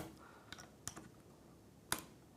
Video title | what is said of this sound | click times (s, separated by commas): E7900 - Installing a Lock - Cylindrical | You hear it click, so I know it's locked in there. | 1.9 s